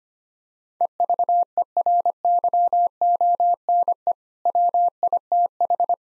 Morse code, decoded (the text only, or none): EVERYONE WITH